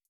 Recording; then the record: hydrophone in a shrimp aquaculture tank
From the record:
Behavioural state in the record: feeding